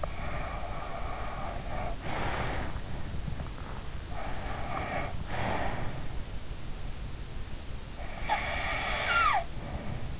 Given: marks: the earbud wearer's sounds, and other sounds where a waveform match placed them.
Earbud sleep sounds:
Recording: sounds in sleep by an in-ear microphone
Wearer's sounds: breath, teeth grinding, snoring breath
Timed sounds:
0.00-2.85 s: breath
2.95-3.82 s: teeth grinding
4.09-6.12 s: snoring breath
7.98-10.20 s: snoring breath

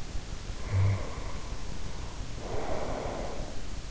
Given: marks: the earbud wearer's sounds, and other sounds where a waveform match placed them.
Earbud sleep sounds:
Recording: sounds in sleep by an in-ear microphone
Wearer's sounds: snoring breath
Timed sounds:
0.50-3.75 s: snoring breath

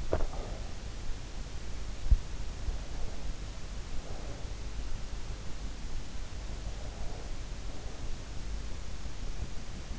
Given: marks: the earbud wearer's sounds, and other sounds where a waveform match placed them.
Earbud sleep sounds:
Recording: sounds in sleep by an in-ear microphone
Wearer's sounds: swallowing, breath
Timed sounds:
0.00-0.38 s: swallowing
2.66-4.85 s: breath

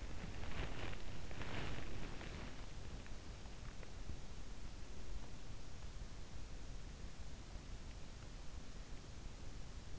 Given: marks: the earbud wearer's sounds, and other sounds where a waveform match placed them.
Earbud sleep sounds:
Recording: sounds in sleep by an in-ear microphone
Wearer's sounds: body movement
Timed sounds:
0.00-3.12 s: body movement

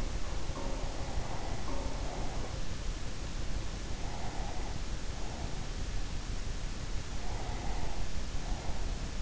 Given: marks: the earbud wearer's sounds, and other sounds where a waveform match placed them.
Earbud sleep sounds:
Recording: sounds in sleep by an in-ear microphone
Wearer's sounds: breath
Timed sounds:
0.00-2.62 s: sound from someone else or the room
3.76-5.91 s: breath
6.59-9.22 s: breath

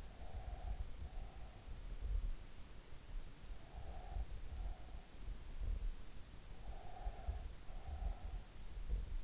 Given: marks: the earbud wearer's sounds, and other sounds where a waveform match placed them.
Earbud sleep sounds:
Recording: sounds in sleep by an in-ear microphone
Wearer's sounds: breath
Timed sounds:
0.00-1.64 s: breath
3.51-4.98 s: breath
6.60-8.61 s: breath

